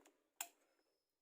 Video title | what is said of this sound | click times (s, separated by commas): HOW TO CLEAN AC BLOWER OF TOYOTA RUSH | Lock it in place. Pag narinig nyo yung tick, | 0.4 s